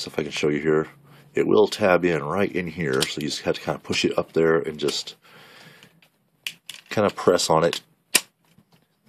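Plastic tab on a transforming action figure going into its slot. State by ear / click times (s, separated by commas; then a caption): seated / 8.2 s. Someone talks while transforming a plastic Transformers Prime RID Voyager Class Optimus Prime action figure, pushing a plastic tab up into its slot and pressing on it. A few faint handling clicks follow, then one sharp plastic snap at 8.2 s as the tab seats in place.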